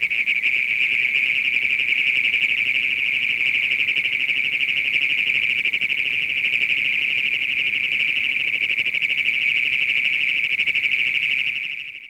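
Great Plains toad producing a continuous shrill, rapid trill at a steady pitch over low background rumble, the call stopping just before the end.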